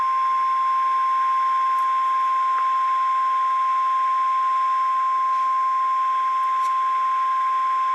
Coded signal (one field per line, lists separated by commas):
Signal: Emergency Alert System (SAME) tones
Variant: 1050 Hz attention tone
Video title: Severe Thunderstorm Warning (EAS #2,032) - April 23, 2019